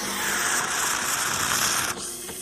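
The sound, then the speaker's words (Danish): A coffee machine warming up gives off a steady, loud mechanical whir with a low buzzing hum and a hiss. Near the end it dips slightly and shifts tone. “Skal den lige varme op, og nu kommer det så.”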